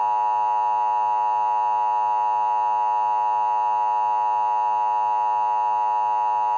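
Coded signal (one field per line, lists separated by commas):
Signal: Emergency Alert System (SAME) tones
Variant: 853 and 960 Hz attention tone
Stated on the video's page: Fictional EAS scenario of a fire outbreak spreading from Frederick County to national level.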